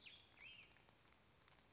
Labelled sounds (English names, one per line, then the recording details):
Black-headed Grosbeak
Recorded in Sonoma County, California